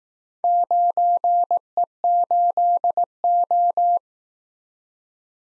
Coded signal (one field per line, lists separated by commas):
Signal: Morse code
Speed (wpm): 19 wpm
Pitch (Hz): 700 Hz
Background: none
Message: 9E8O